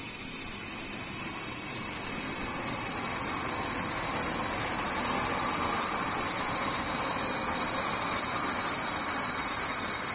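Cicadas drone in a dense, unbroken high-pitched buzz for the whole clip, steady and loud, with a faint low rumble underneath.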